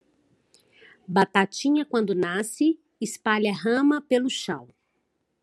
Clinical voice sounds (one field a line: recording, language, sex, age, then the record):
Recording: short text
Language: Brazilian Portuguese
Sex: female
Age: 30 to 39 years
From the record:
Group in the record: control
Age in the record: 38 years